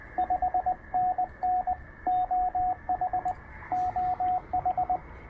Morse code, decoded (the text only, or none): 5NN OH OH